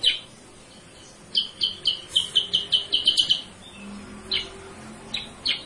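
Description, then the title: Sooty-headed bulbul chirping: a single note, then a quick run of bright, clipped notes, then a pause and a few scattered sharper chips. Masteran (training recording for cage birds); a lure call (suara pancingan). "Masteran Kutilang Sutra. suara pancingan kutilang sutra"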